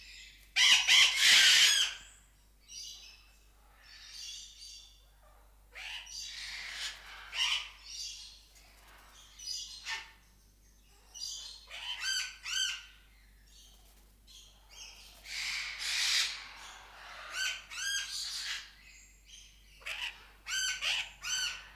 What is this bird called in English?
Blue-winged Macaw